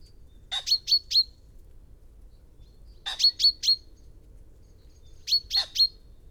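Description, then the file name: Common chaffinch repeating bright clipped calls in quick runs of three or four, each run about two and a half seconds apart, low hum behind. "Fringilla coelebs"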